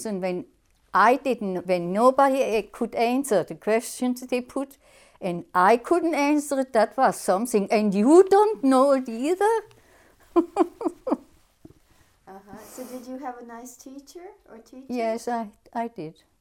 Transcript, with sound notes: And when I didn't, when nobody could answer the questions that they put, and I couldn't answer it, that was something. "And you don't it either?" (she laughs)
Did you have a nice teacher, or teachers?
Yes, I, I did.